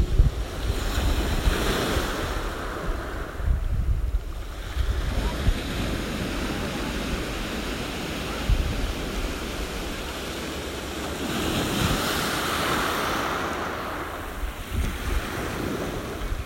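Sea surf rolls in a steady wash, swelling in waves around the start, near four seconds, and again from about twelve to fifteen seconds. Gusts of wind rumble low and thump at times, with a constant hiss underneath between the swells.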